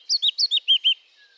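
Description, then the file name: Eurasian blackcap giving a short phrase of six clear, slurred whistles in quick even succession, then falling silent. "Sylvia atricapilla"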